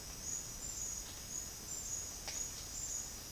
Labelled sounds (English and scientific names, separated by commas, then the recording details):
none
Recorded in dense forest near Puerto Asís, Putumayo, Colombia, on 8 March 2025 at 11:30
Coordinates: 0.484, -76.325
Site G045